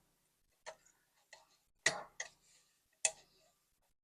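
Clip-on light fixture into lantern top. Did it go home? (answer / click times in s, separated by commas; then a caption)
partly / 1.9 s, 3.0 s. A clip-on light fixture is pressed into the top of a metal lantern, trying to lock it down into the tilt mechanism. Light taps are followed by sharp clicks at 1.9 s and 3.1 s, with a softer tap just after the first. The light is still not fully seated in the lantern.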